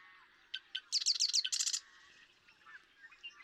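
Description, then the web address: Marsh Wren song, a short burst of stuttering notes and a quick rattle over a steady background hiss, with faint chips afterward. "birdsongforthecurious Marsh Wren"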